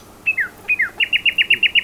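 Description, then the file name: Common nightingale song: two downward-slurred whistles, then a quick burst of rich repeated notes. "Luscinia megarhynchos"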